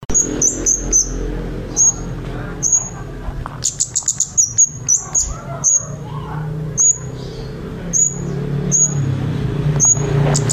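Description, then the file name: Scarlet-headed flowerpecker giving very high, thin, sharp tsip notes, single or in quick pairs, with a burst of rapid ticking notes midway, over a steady low hum. Recorded in Java; Indonesian name cabai jawa, also called cabean. "burung cabai jawa cabean"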